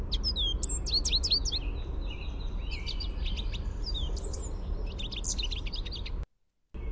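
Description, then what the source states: American goldfinch contact song, rapid high twitters and drawn-out whistled notes, then a brief silent gap near the end, over constant low rumble. Contact song, described as a "sweeet" note.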